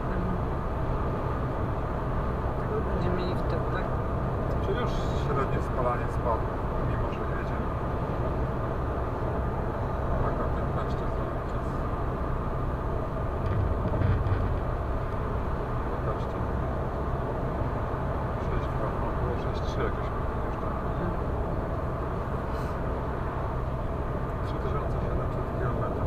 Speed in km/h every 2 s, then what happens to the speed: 116, 116, 115, 115, 115, 115, 116, 116, 116, 116, 116, 116, 116.
0-26 steady at about 116.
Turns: none.